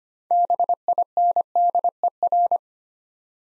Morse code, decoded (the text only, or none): BINDER